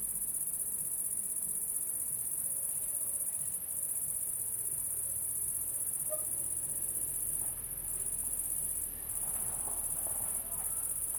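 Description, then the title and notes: Cricket giving a sustained high trill that thickens briefly several times, over a quiet low hum. Recorded at La Sablière, Saint-Privat-de-Champclos, France, with a Zoom H6 and M/S microphone. "Saint-Privat-de-Champclos, France - cricket la sabliére. cricket la sabliére Captation : ZOOMH6 + M/S Microphone"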